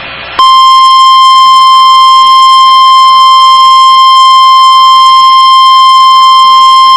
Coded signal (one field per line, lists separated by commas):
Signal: Emergency Alert System (SAME) tones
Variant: 1050 Hz attention tone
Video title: Severe Thunderstorm Warning EAS 168